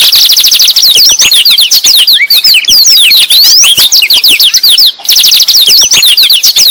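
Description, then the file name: Blackthroat song: a near-continuous run of quick, high, slurred notes and trills, loud and energetic throughout. Described as gacor, an Indonesian term for a bird singing actively and continuously. "burung blackthroat gacor"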